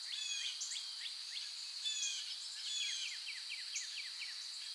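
Bird song with quick runs of repeated descending notes against a continuous shrill insect drone.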